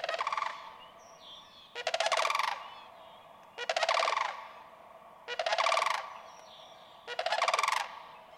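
Sandhill crane repeating a rolling, croaking rattle five times at steady intervals of under two seconds; thin whistles of other birds sound faintly in the gaps.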